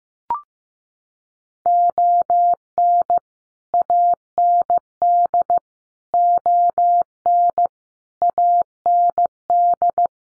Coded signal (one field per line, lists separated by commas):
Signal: Morse code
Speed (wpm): 15 wpm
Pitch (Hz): 700 Hz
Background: none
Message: ON AND ON AND